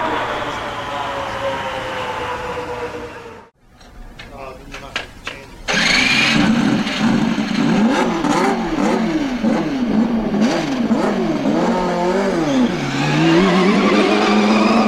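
Race cars roar past, a steady engine drone breaking off near four seconds before loud, wavering engine pitches surge back and rise and fall.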